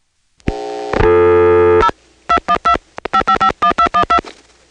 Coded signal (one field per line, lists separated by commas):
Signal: DTMF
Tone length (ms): 80 ms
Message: 0 212 5551212